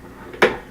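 A Ninja Professional Blender NJ601REF lid, lined up at the corners of the plastic pitcher, is turned over until it locks. A single sharp plastic click sounds at 0.4 s, and the lid locks into place on the pitcher.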